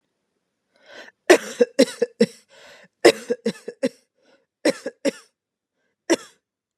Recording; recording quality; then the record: heavy voluntary cough; excellent, no background noise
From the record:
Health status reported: healthy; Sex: female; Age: 37 years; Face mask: not worn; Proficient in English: yes